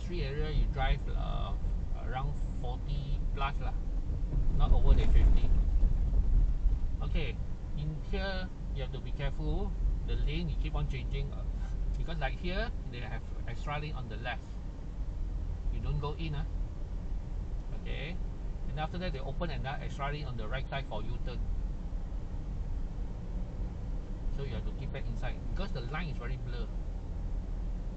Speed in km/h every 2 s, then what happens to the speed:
34, 34, 31, 27, 28, 29, 29, 31, 31, 34, 34, 35, 38, 39.
0-7 slows to 27. 7-28 speeds up to 39.